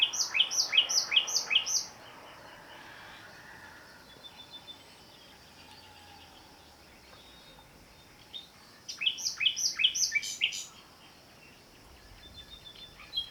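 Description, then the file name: Common nightingale song: two phrases of about five loud, evenly spaced, downward-sweeping notes, with a long quiet gap between them. "Luscinia megarhynchos"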